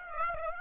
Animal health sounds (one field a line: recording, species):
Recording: mosquito wingbeat signal from an infrared sensor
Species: Aedes aegypti